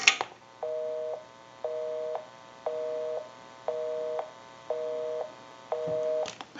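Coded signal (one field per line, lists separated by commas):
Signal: telephone call progress tone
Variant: North America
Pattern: busy tone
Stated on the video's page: Tone heard on a three-slot 236G payphone during initial checkout, repair and conversion.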